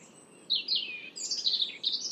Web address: Deverinetal 2025 Bird Only Er Ru